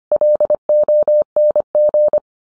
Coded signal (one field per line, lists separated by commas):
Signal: Morse code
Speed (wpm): 25 wpm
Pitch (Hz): 600 Hz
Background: none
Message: LONG